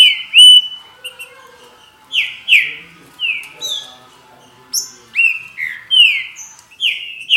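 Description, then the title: Green-winged saltator song, clear loud whistles that each slide downward, spaced in groups with short silent gaps between phrases. "Trinca Ferro"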